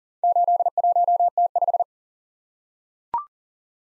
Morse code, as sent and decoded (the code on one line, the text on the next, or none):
---.. .---- - .....
81T5